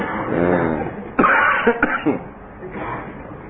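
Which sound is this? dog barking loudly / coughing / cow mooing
coughing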